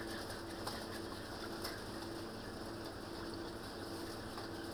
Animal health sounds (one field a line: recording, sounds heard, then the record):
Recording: poultry house recording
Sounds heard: healthy chickens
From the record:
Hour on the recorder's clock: 19